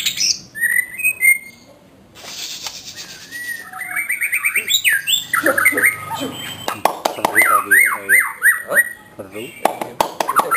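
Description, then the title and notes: White-rumped shama song, a short opening then a pause, then fast repeated rising whistles, clicks and looping notes, mixed with harsh chattering sounds. Recording used for training other caged birds to sing. "Suara Kicau Burung Murai Batu. burung murai buat masteran"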